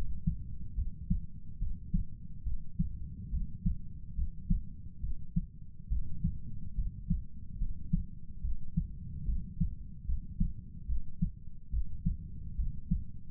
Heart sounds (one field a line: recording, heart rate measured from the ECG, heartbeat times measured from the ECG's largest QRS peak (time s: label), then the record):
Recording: heart sounds by stethoscope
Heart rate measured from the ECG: 71 bpm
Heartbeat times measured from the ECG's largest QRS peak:
0.76 s: heartbeat
1.59 s: heartbeat
2.44 s: heartbeat
3.31 s: heartbeat
4.16 s: heartbeat
5.01 s: heartbeat
5.89 s: heartbeat
6.76 s: heartbeat
7.59 s: heartbeat
8.42 s: heartbeat
9.26 s: heartbeat
10.06 s: heartbeat
10.87 s: heartbeat
11.71 s: heartbeat
12.57 s: heartbeat
From the record:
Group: healthy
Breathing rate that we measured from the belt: 21 breaths a minute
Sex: male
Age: 35 years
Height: 180 cm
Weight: 86.9 kg